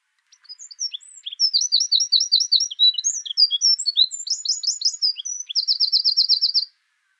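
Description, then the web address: Eurasian wren song, a long energetic stream of high chattering phrases and trills changing pace several times, closing with a fast steady trill; nothing else audible. Subspecies troglodytes troglodytes; song. "songs troglodytes troglodytes call"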